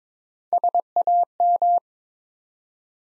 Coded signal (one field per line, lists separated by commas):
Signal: Morse code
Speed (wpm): 22 wpm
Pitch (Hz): 700 Hz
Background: none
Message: SAM